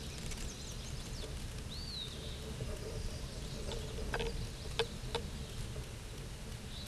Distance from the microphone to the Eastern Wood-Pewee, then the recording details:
about 45 m. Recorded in a Pennsylvania forest on 18 May 2023 at 10:32. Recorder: AudioMoth, point grid1_14_low. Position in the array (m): 122 m, 181 m